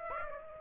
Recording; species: mosquito wingbeat signal from an infrared sensor; Aedes aegypti